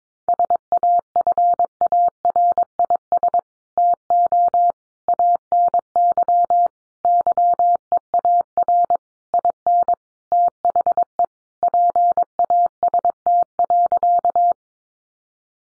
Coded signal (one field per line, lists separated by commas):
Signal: Morse code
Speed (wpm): 22 wpm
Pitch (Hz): 700 Hz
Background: none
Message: SAFARIS TO ANY YEAR IN THE PAST.